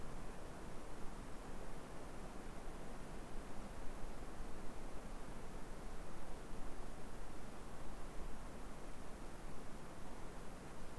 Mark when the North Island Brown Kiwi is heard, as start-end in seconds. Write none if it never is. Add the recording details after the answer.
none. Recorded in New Zealand on 2 November 2013. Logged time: 20:59. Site CV71